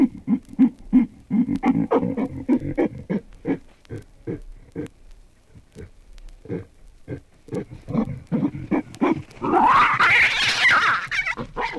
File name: Baboon